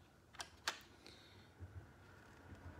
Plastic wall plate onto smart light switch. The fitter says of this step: Now, okay, so it snaps in place.